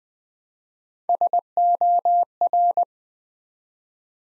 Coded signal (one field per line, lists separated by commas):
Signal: Morse code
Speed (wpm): 20 wpm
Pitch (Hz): 700 Hz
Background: none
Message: SOR